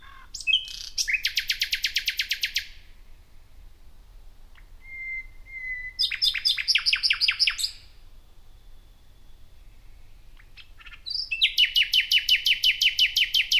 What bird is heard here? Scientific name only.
Luscinia megarhynchos